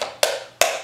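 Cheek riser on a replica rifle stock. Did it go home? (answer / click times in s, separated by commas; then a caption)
yes / 0.2 s, 0.6 s. The adjustable cheek riser on the stock of a Classic Army SCAR Sportline airsoft replica rifle is raised step by step into its two detent positions. Two sharp, wood-block-like clicks ring out at 0.2 s and 0.6 s, each fading over the next few tenths of a second. The riser clicks into place and seats at each position.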